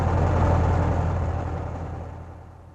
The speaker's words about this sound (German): So jedenfalls versichert der Prospekt der General Motors, die den Omnibus hergestellt hatte. Doch nicht nur der Motor des Omnibuses lief auf Hochtouren